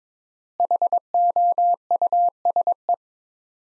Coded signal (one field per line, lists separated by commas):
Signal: Morse code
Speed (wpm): 21 wpm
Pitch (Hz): 700 Hz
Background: none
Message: HOUSE